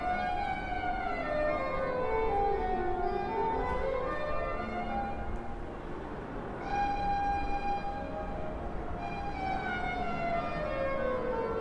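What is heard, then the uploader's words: Many instruments practise at once behind open windows, their overlapping sustained notes blending into a dense, steady wash. Some tones slide up and down while others hold, with a fresh clear note entering around seven seconds. Low rumbling underneath gives it a layered feel. Musical cacophony pouring through the open windows of practice rooms, London, UK.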